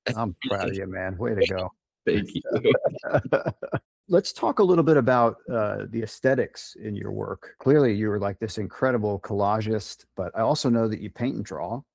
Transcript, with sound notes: I’m proud of you, man. Way to go. Thank you. [laughter] Let’s talk a little bit about uh the aesthetics in your work. Clearly, you’re like this incredible collagist, but Ialso know that you paint and draw.